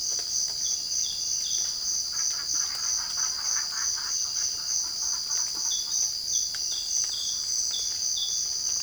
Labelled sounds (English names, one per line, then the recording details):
none
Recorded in secondary vegetation near Puerto Asís, Putumayo, Colombia, on 12 March 2025 at 06:00
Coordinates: 0.488, -76.319
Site G095